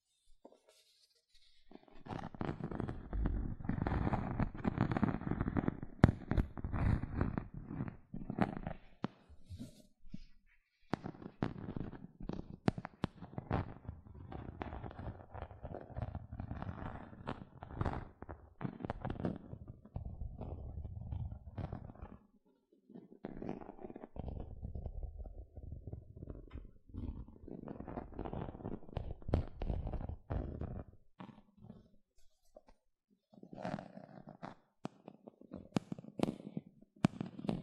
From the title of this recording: Tingly Gentle Scratching Sounds